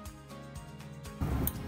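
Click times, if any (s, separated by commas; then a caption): none. A second interbody spinal implant module is handled as it slides down the tail (rail) of the first module inside the disc space, over steady tonal music. From about 1.2 s louder broadband handling noise rises, with a brief sharp tick near 1.5 s. Nothing has seated or clicked yet.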